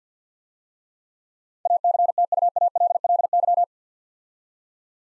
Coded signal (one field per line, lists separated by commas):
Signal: Morse code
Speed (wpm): 53 wpm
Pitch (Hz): 700 Hz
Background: none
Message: ACTUALLY